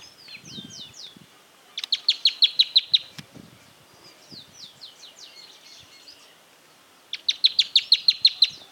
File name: bandurrita-chaqueña voz